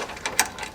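A key is turned to the left in a door lock to unlock it, and the deadbolt retracts in steps. Two sharp metallic clicks sound at 0.3 s and 0.4 s, the second louder, with a softer faint sound near 0.6 s. The deadbolt clicks back and is released.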